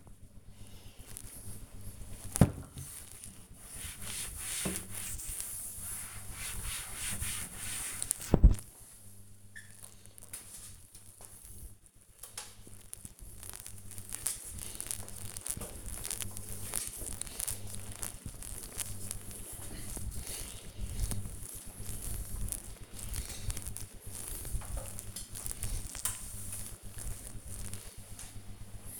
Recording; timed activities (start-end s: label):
household activities, microphone on the right wrist
0.00-29.00 s: cleaning the cupboard